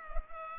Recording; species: mosquito wingbeat signal from an infrared sensor; Culex pipiens